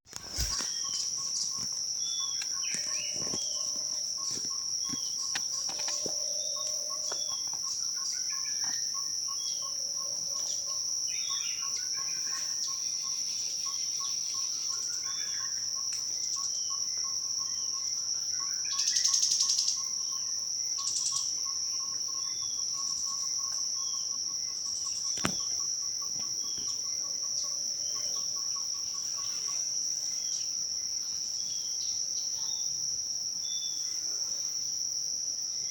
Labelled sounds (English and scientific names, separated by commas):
Jameson's Antpecker (Parmoptila jamesoni)